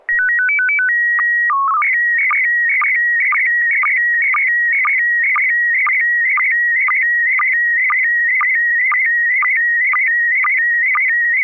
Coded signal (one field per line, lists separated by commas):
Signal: SSTV (slow-scan television)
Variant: PD 120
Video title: N6NA SSTV Net - 07/24/2024